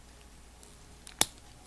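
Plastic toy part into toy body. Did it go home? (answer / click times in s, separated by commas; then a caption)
yes / 1.2 s. A plastic toy part is pressed back into the toy body. After a few faint ticks, a single sharp snap rings out at 1.2 s against a quiet background. The part snaps back into place and is seated.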